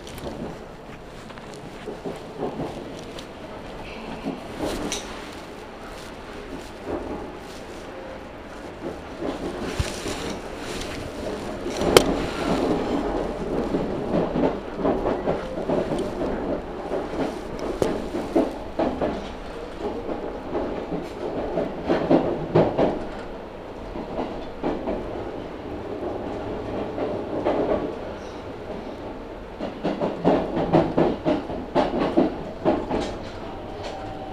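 A local train on the Chuo West Line runs from Nagoya toward Kozoji, its rumble steady and full throughout. The noise swells and eases in waves, loudest around ten to twelve seconds and again near thirty, with a sharp clack at about twelve seconds.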